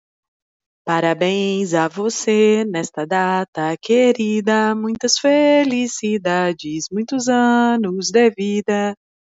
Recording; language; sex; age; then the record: short text; Brazilian Portuguese; female; 30 to 39 years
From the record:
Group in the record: control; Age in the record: 37 years